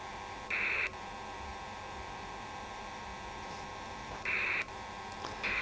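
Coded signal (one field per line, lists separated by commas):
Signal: HF data modem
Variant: PACTOR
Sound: three brief harsh hissing data bursts spaced seconds apart over a steady hum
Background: radio static, steady tone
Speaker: so here what we see here guys are the two stations are communicating they have a link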